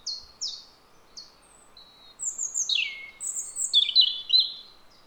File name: Rougegorge familier Erithacus rubecula